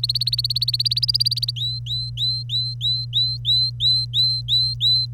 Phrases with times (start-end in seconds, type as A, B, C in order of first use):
0.00-1.51 A, 1.56-5.06 B